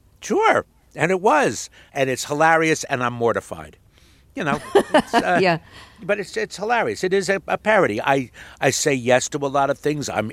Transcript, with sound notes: Sure. And it was. And it's hilarious, and I'm mortified. You know, it's...
(Laughter) Yeah.
But it's hilarious. It is a parody. I say yes to a lot of things.